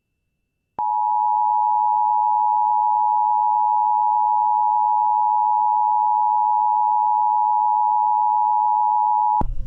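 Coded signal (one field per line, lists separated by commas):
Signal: Emergency Alert System (SAME) tones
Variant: 853 and 960 Hz attention tone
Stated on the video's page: Personally captured EAS alerts from Arkansas.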